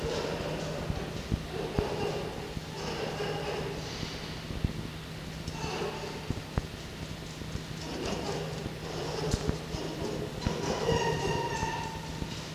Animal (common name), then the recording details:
Red Fox. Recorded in captivity. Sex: pair. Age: adult. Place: Zoologisches Institut der HUB, Berlin, DE. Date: 1952-07-16 14:30. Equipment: Elmetra. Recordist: Tembrock, Günter